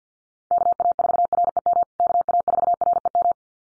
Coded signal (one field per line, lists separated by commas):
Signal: Morse code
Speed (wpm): 50 wpm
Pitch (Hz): 700 Hz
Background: none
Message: KA4REM KA4REM